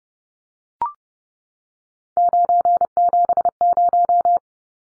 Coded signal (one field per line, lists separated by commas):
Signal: Morse code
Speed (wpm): 30 wpm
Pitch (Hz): 700 Hz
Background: none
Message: 970